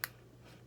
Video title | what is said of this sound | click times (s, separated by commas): Cables 101 - The Tech Nook | So this will go into the female end, and it'll click into place there. | 0.0 s